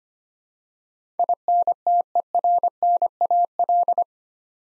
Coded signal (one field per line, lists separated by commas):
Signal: Morse code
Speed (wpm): 25 wpm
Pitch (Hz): 700 Hz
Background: none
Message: INTERNAL